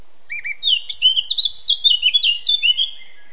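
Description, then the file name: Eurasian blackcap song, a few soft opening notes followed by a fast, tumbling warble of high chirps and trills. "Sylvia atricapilla"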